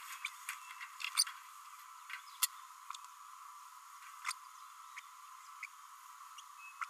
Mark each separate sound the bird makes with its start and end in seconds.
1.16-1.24, 4.26-4.32, 6.81-6.84